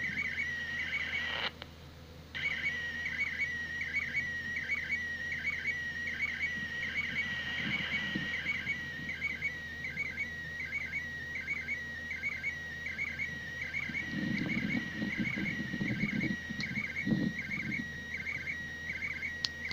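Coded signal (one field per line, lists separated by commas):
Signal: SSTV (slow-scan television)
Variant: PD180 mode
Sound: warbling tone sweeping between mid and high pitch, repeating rhythmically about every three-quarter second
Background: radio static, low hum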